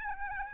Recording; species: mosquito wingbeat signal from an infrared sensor; Aedes albopictus